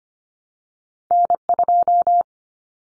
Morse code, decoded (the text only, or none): N2